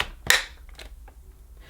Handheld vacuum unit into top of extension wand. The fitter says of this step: cleaner fits into the top of the wand until it clicks.